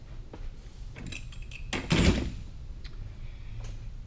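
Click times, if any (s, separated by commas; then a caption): 1.7 s. A metal retaining ring is pushed into place in a differential or axle assembly during a Wavetrac limited-slip differential install, with a few faint metallic ticks beforehand. A sharp metallic hit at 1.7 s marks the ring seating home, followed by a louder burst of noise around 2.0 s. Someone talks.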